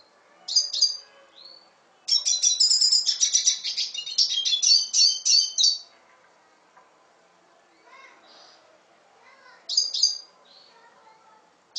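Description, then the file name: Red siskin song: a short high twitter, one long rapid buzzy chatter of almost four seconds, then quieter notes and another brief twitter. "Canto del Cardenalito"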